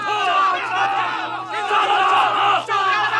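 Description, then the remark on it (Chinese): A crowd of many voices in a tavern roars and shouts angrily together in a dense, continuous din, swelling loudly with a brief dip near the end before surging again. “此时一家酒肆之中传来了一群人的怒吼声。”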